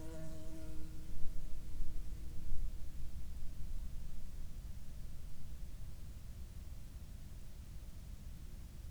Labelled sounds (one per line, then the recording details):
insects
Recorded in Ivvavik National Park, Yukon, on 19 June 2019 at 11:41
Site SINP01